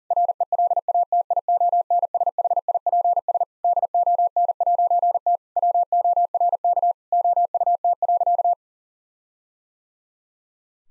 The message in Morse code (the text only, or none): RELATIONSHIPS DON'T WORK OUT.